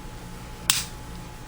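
A replacement back plate is slid up the rear of the pistol slide of a Glock G23 .40 caliber being converted to .357 SIG, and pushed all the way until it locks in place. One sharp, bright click sounds at 0.7 s over a quiet background. The new back plate is seated and on.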